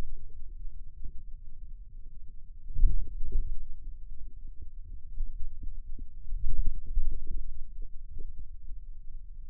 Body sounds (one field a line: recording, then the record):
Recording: forearm muscle sounds (acoustic myography)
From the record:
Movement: wrist flexion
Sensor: system 2, bracelet of six BSWA MPA416 microphones around the upper forearm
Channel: 6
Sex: male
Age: 22 years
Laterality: right